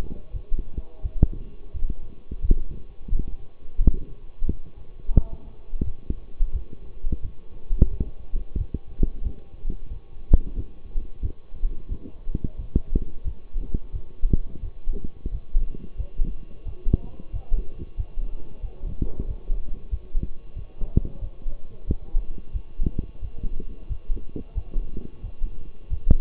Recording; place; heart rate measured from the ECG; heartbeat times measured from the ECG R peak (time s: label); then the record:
heart sounds by stethoscope; between the tricuspid and mitral areas; 89 bpm
0.32 s: heartbeat
1.02 s: heartbeat
1.72 s: heartbeat
2.41 s: heartbeat
3.09 s: heartbeat
3.78 s: heartbeat
4.46 s: heartbeat
5.14 s: heartbeat
5.83 s: heartbeat
6.52 s: heartbeat
7.21 s: heartbeat
7.90 s: heartbeat
8.57 s: heartbeat
9.23 s: heartbeat
9.89 s: heartbeat
10.55 s: heartbeat
11.22 s: heartbeat
11.89 s: heartbeat
12.57 s: heartbeat
13.24 s: heartbeat
13.92 s: heartbeat
14.61 s: heartbeat
15.31 s: heartbeat
15.97 s: heartbeat
16.65 s: heartbeat
17.32 s: heartbeat
17.97 s: heartbeat
18.61 s: heartbeat
19.27 s: heartbeat
19.90 s: heartbeat
20.55 s: heartbeat
21.20 s: heartbeat
21.87 s: heartbeat
22.52 s: heartbeat
23.21 s: heartbeat
23.88 s: heartbeat
24.54 s: heartbeat
25.22 s: heartbeat
25.90 s: heartbeat
From the record:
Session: walking at 3.7 km/h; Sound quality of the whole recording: partially saturated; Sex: male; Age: 24 years